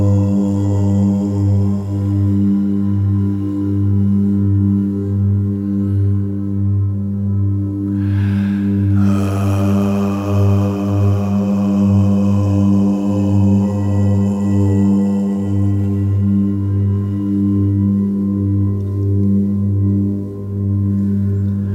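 A sound bath of deep, sustained bowl tones that hum and pulse slowly in the low range, holding steady for the whole stretch. Around eight to nine seconds a brighter struck ring enters, shimmering and fading gradually over the following seconds.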